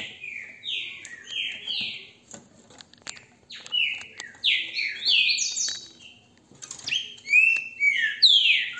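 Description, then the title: Green-winged saltator song: bursts of whistled notes sliding downward, separated by short pauses, the last burst louder. Recorded with a mobile phone held in the hand; song described as beautiful. "GRAVEI COM CELULAR NA MÃO, trinca ferro canto lindo"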